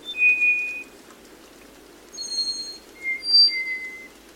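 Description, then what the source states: Black-faced Solitaire song: long, pure whistles held steadily at different pitches, some high and some lower, with soft background noise. Slate-gray bird singing an eerie, gorgeous song as it moves furtively in the dense understory of wet mountain forests in Costa Rica; the singer is hard to find.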